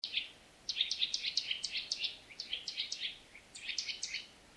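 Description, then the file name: Eurasian nuthatch calls: a busy string of sharp, high chirps running almost continuously, spaced unevenly with brief pauses. "Sitta europaea"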